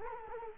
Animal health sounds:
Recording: mosquito wingbeat signal from an infrared sensor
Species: Culex quinquefasciatus

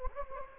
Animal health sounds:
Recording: mosquito wingbeat signal from an infrared sensor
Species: Anopheles gambiae

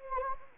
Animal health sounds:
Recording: mosquito wingbeat signal from an infrared sensor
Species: Anopheles gambiae

